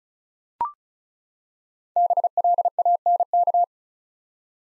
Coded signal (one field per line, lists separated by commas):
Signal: Morse code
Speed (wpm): 36 wpm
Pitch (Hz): 700 Hz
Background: none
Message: BLANK